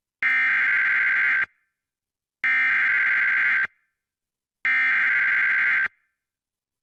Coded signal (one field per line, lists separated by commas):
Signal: Emergency Alert System (SAME) tones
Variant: header bursts